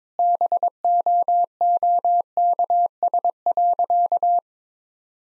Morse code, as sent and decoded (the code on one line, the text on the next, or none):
-... --- --- -.- ... .-.-.-
BOOKS.